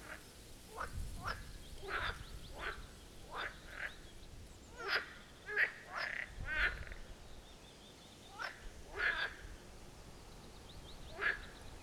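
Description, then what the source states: Marsh frog croaks, many short rattling bursts spaced irregularly over a quiet background. Chorus at the Birkensee, Schönbuch, Germany, on one of the first proper hot summer days of 2023.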